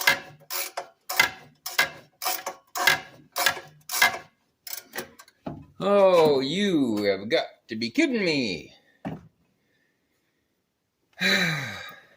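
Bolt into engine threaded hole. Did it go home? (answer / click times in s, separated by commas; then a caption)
no / none. A ratchet turns a bolt into a threaded hole on a Robin 2PG golf cart engine, giving repeated pawl clicks through the first five seconds, then someone talks. The bolt just spins without tightening because the engine threads were already stripped out by the previous owner, which is why a super long bolt had been fitted. Nothing has seated or clicked into place.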